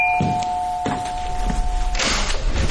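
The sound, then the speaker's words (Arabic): A steady electronic doorbell tone rings for about two seconds while a few dull knocks thud against a door, followed by a burst of rustling noise. “قوم شوف مين على الباب على ما عند فلوس المعاش.”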